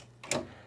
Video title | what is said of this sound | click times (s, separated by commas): Fluval FX6 Filter Cleaning | these pop out so you can get your fingers in there pretty ingenious right not too bad I | 0.2 s, 0.3 s